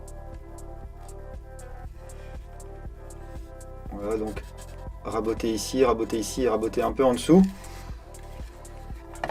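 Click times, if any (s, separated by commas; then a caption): 9.2 s. A plastic airsoft magazine, shaved down to fit, is pushed into a magazine adaptor while someone talks over background music. It engages with a sharp click at 9.2 s.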